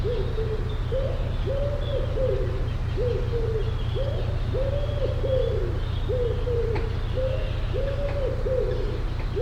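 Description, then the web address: Bird calls: continuous low cooing, rounded notes following one another in broken runs, against a strong low hum and little else. "birddata Deverinetal Bird Co Pa"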